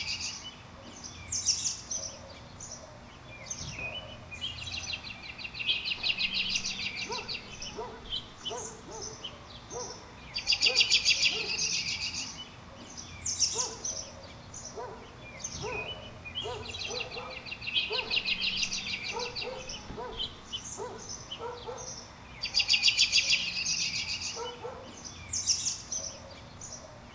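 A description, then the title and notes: Birds sing and chirp at a dog park, with dense bright trilling bursts recurring around 11 and 23 seconds and scattered shorter calls in between. Lower chattering notes and a faint steady background hum fill the gaps throughout. Birds at the Dog Park.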